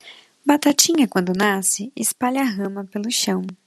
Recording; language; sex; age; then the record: short text; Brazilian Portuguese; female; 20 to 29 years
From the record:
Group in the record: control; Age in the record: 29 years